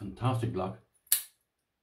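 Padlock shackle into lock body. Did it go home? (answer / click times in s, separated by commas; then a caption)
yes / 1.1 s. Someone talks, then the metal shackle of a new padlock is pushed closed and snaps loudly into the lock body at 1.1 s. A faint tick comes just before it, and the sharp, bright snap fades out within about 0.2 seconds. The shackle seats with a hard, strong snap.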